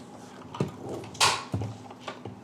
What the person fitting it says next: oh yeah that snaps into place nicely